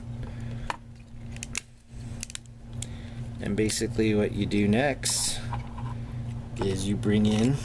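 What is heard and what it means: A plastic part of a Transformers Generations Warpath transforming robot toy is handled and brought in toward the toy body, with several short, sharp plastic ticks early on while someone talks. Nothing has seated or clicked into place yet.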